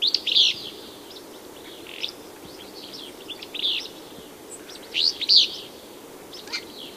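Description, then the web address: Willow Flycatcher calling with quick, sharp high chirps in loose irregular bursts, a few louder notes standing out, against soft outdoor hiss. Western North America. "Songs of Birds of North America Know Your Bird Sounds Common Western Species. Willow Flycatcher"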